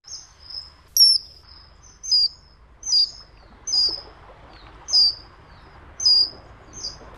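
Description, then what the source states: Common Kingfisher giving shrill, thin high whistles, one sharp note roughly every second, over a soft hiss of background noise. Played on radio as the nature sound of the week; called the glowing emerald of rivers.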